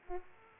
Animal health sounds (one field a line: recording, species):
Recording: mosquito wingbeat signal from an infrared sensor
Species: Aedes aegypti